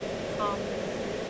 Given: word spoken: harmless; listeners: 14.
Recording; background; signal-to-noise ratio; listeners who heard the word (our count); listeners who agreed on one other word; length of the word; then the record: one English word in noise, from a listening test; speech-shaped noise; -4.1 dB; 1 of 14; 7 of 14; 0.90 s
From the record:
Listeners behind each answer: 7, 2, 1, 1, 1, 1, 1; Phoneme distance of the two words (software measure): 31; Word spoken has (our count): 2 syllables, 6 phonemes, stress on syllable 1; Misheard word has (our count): 1 syllable, 3 phonemes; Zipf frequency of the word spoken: 3.62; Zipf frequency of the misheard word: 4.72